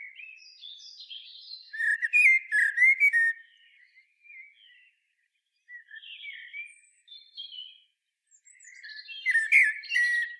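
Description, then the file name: Common blackbird song in two loud phrases, each a flute-like warble breaking into sharp high twitters, with a softer, wandering phrase between them. "Turdus merula"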